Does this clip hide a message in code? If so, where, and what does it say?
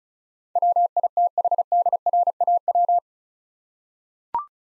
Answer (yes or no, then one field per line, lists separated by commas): yes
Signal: Morse code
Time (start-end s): 0.6-3.0 s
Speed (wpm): 36 wpm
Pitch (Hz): 700 Hz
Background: none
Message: WITHDRAW